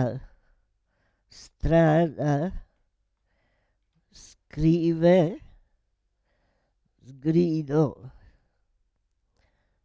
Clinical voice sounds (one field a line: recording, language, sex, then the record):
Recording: read list of words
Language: Italian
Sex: female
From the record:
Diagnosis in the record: Parkinson's disease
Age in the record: 78 years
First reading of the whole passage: 164 s, 3.2 characters per second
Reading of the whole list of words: 108 s, 2.6 characters per second